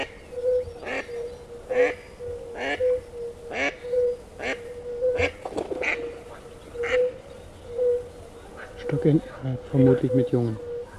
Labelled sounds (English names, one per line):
Fire-Bellied Toad call